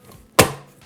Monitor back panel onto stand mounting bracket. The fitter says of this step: and then the monitor is going to click in to the mount just like that.